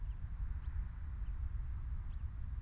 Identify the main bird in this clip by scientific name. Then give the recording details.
Fringilla coelebs. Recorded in Germany. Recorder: ecoPi